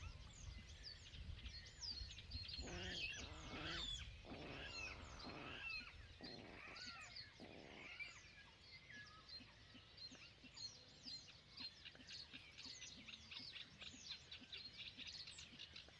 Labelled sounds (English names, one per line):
Great Bittern